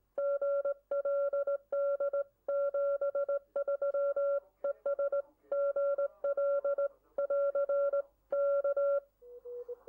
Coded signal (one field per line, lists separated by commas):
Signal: Morse code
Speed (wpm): 18 wpm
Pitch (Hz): 1370 Hz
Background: none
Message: GLD 73 ES GL <AR> K